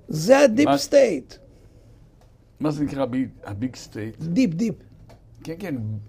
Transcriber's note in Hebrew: none